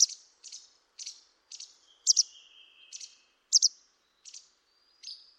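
Bird calls: a quick series of high, scratchy chirps, some doubled, with a long, thin whistled note running underneath in the middle.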